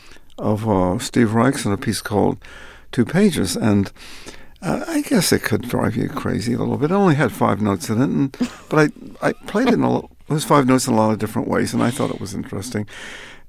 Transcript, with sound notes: of Steve Reich's in a piece called "Two Pages," and I guess it could drive you crazy a little bit. It only had five notes in it.
(Laughter).
But I played it a lot - those five notes in a lot of different ways, and I thought it was interesting.